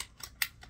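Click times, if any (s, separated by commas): 0.4 s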